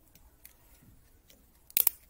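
A plastic screw cap on a bottle of water is twisted open, with a few faint ticks before the seal breaks in sharp clicks at 1.8 s and 1.9 s. The cap is released and the bottle is open.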